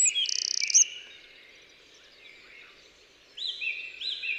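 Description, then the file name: Eurasian wren singing a brief rapid high trill, then quiet, then a few clear upslurred whistled notes near the end. "Troglodytes troglodytes"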